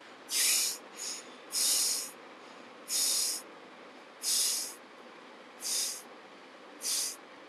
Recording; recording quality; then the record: shallow breathing; excellent, no background noise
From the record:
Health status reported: healthy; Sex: female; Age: 30 years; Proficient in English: yes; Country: India